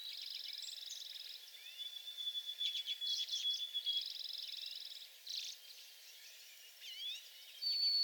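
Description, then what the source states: White-throated sparrow song: a long, thin whistle held on one pitch. It is mixed with buzzy trills and chips from other birds in a busy chorus. Recorded 28 April 2022 in the back shrubs.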